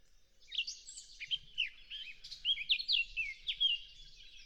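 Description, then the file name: Eurasian blackcap song, a fast varied warble of chattering and whistled notes that grows louder and ends in clearer fluty phrases. "Sylvia atricapilla"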